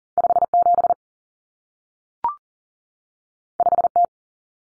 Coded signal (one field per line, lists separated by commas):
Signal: Morse code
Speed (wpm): 40 wpm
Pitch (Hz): 700 Hz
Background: none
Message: 57 5T